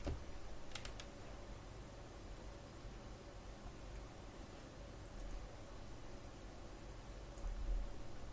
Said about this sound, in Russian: ты стучишь, у меня все трясется опять. Это он печатает так. Пардон.